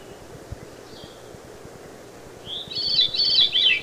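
Veery song after a quiet stretch with a faint brief note; a rich, swirling phrase then rolls downward through several loops.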